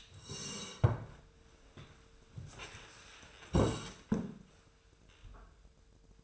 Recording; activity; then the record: daily activity, microphone in the room; sit down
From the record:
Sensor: 2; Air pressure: 1005.1 hPa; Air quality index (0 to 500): 99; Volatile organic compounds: 2 ppm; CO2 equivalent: 1198 ppm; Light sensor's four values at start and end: 7/16/7/7 and 8/18/7/8